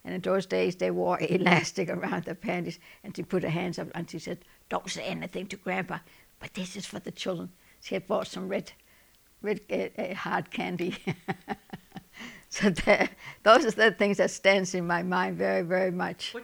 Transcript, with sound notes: And in those days they wore elastic around their panties, and she put her hands up and she said, "Don't say anything to Grandpa, but this is for the children." She had bought some red, red hard candy. ( she laughs ) So those are the things that stands in my mind very, very much.